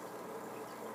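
An adjustable plastic diving lip on a crankbait fishing lure body is handled as it is moved from the 4 to 5 ft setting toward the 1 to 0 ft setting. A steady, low-level broadband hum is heard with no sharp transients. Nothing has seated or clicked yet.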